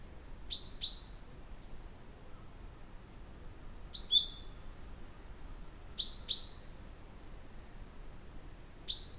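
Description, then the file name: Common chaffinch calls: short high sharp notes with level tails, given in small clusters of two or three at irregular intervals over a faint low hiss. "Fringilla coelebs"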